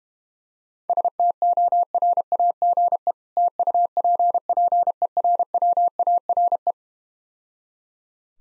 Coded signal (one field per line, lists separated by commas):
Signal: Morse code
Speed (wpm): 31 wpm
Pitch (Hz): 700 Hz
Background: none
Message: STORAGE TUPPERWARE